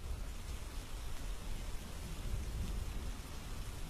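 Steady heavy rain hisses across the whole band, with a deep rumbling low end suggesting thunder rolling underneath; no voices, just a continuous dense downpour.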